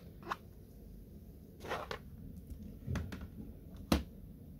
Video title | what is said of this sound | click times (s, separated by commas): Upgrade Ram Laptop HP 240 G7 , VGeN Platinum | Cukup disnep Sampai bunyi klik ya oke | 3.9 s